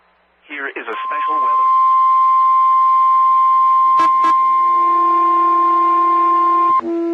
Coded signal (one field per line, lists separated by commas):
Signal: Emergency Alert System (SAME) tones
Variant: 1050 Hz attention tone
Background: speech